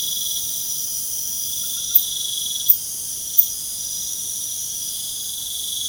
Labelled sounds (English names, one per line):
none